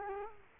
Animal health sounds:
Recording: mosquito wingbeat signal from an infrared sensor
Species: Culex quinquefasciatus

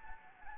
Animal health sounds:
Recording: mosquito wingbeat signal from an infrared sensor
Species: Anopheles gambiae

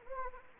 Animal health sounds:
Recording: mosquito wingbeat signal from an infrared sensor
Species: Anopheles gambiae

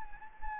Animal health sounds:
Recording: mosquito wingbeat signal from an infrared sensor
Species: Anopheles gambiae

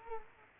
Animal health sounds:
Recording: mosquito wingbeat signal from an infrared sensor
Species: Culex quinquefasciatus

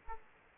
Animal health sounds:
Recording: mosquito wingbeat signal from an infrared sensor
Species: Aedes aegypti

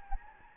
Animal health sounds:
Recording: mosquito wingbeat signal from an infrared sensor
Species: Anopheles gambiae

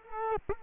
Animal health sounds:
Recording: mosquito wingbeat signal from an infrared sensor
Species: Culex quinquefasciatus

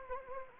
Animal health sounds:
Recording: mosquito wingbeat signal from an infrared sensor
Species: Anopheles gambiae

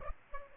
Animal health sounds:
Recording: mosquito wingbeat signal from an infrared sensor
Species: Aedes aegypti

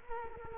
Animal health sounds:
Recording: mosquito wingbeat signal from an infrared sensor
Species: Culex quinquefasciatus

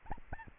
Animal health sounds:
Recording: mosquito wingbeat signal from an infrared sensor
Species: Anopheles arabiensis

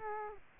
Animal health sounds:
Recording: mosquito wingbeat signal from an infrared sensor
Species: Culex quinquefasciatus

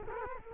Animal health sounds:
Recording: mosquito wingbeat signal from an infrared sensor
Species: Culex quinquefasciatus

